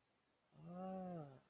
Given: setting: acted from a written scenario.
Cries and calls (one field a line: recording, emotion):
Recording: vocal sound without words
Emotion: desire